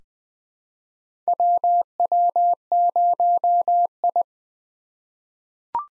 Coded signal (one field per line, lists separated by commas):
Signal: Morse code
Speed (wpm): 20 wpm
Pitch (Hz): 700 Hz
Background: none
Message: WW0I